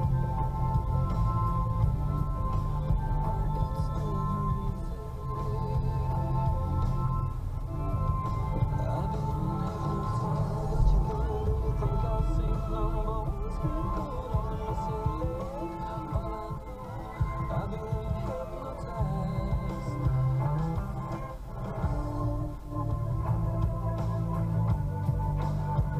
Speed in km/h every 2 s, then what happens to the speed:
0, 0, 0, 0, 0, 0, 0, 0, 0, 0, 0, 0, 0.
0-26 standing.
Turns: none.